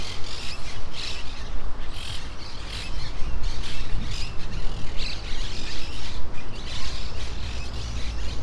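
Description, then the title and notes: Monk parakeet squawks, loud and coarse, bursting in quick irregular runs from several birds, with low background noise beneath. Monk parakeets calling in trees near the coast at Playa Ancha. "Plaza De Loros. Cotorras Argentinas en los arboles cercanos a la costa de Playa Ancha"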